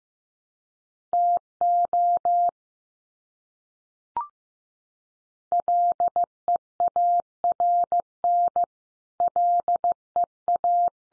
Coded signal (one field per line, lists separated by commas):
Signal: Morse code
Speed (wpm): 15 wpm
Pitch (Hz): 700 Hz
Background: none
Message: TO LEARN LEA